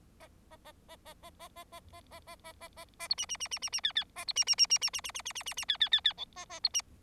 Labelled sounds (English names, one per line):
Bengalese Finch song